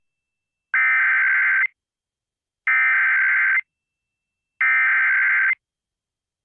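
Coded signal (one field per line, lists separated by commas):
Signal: Emergency Alert System (SAME) tones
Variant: header bursts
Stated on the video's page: Amber Alert interrupting a cartoon on a television station in Pittsburgh.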